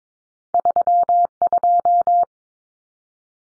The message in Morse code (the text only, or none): 32